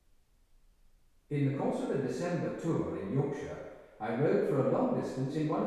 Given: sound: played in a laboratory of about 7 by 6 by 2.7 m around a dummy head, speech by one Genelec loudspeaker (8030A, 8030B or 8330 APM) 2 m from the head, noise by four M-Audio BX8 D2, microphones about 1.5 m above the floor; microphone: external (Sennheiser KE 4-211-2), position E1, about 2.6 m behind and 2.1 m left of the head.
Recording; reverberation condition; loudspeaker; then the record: male speech in English; high; 150 degrees to the left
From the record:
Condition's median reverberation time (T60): about 1300 ms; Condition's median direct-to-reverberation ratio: about -4.0 dB